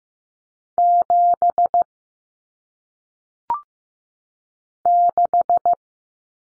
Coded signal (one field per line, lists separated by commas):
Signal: Morse code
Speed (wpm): 15 wpm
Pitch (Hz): 700 Hz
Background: none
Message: 7 6